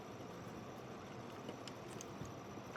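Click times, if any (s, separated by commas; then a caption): none. The wiring plug of an AeroFlow Dynamics 4th brake light fixture for a VB WRX is handled and brought toward its mating harness connector. Only a few small, brief handling ticks (around 1.7 s, 2.0 s and 2.8 s) are heard over a steady broadband background noise. The plug has not seated or clicked into the connector yet.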